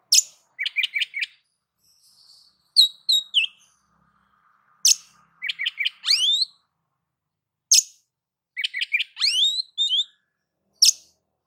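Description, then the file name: Oriental magpie-robin song in repeated phrases: a harsh burst, a quick run of clipped chirps, then a sweeping rising whistle, with short silences between phrases. "Suara-Kacer-Versi-7"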